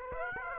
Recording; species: mosquito wingbeat signal from an infrared sensor; Aedes aegypti